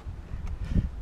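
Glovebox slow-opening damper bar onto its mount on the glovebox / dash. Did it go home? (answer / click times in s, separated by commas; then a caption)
no / none. While the glovebox on a 2014–2015 Subaru Forester is being refitted, the bar that slows the glovebox as it opens is handled near its mount on the glovebox and dash. Low handling rumble and soft thuds are heard, with a brief faint tick near 0.5 s and a heavier low knock around 0.8 s. Nothing has seated or clicked yet.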